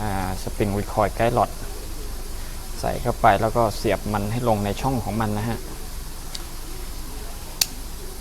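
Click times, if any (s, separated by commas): 7.6 s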